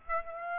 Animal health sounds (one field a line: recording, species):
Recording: mosquito wingbeat signal from an infrared sensor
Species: Aedes aegypti